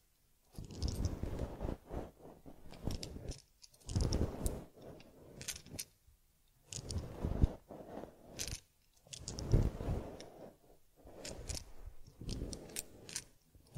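Handling sounds from caring for a teddy bear: bursts of soft rubbing and brushing strokes, each lasting a second or two, separated by short pauses. Sharp, bright clicks and small rattling taps punctuate the strokes throughout, with no steady background sound.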